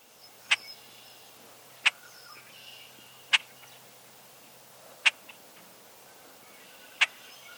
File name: Common Grackle